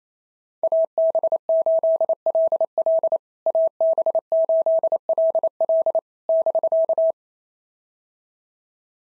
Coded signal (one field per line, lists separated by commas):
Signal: Morse code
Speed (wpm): 28 wpm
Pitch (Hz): 650 Hz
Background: none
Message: AB8LL AB8LL <BK>